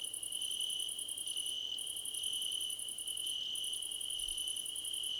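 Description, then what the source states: Shrill cricket chorus: an unbroken trill beneath long runs of rapid ticking pulses that stop briefly every second or two. Crickets in a chorus, described as a choir competition.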